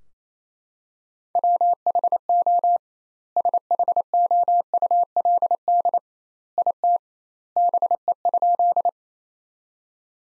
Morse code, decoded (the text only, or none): WHO SHOULD IT BE?